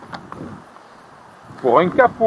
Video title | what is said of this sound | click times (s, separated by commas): CLIO V - LES QUESTIONS Vérifications extérieures + premier secours - FAMILY PERMIS | Et je vais relâcher le capot et entendre le claquement. | 0.3 s